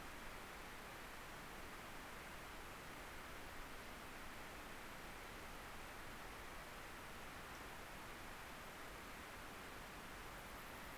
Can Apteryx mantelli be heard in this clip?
no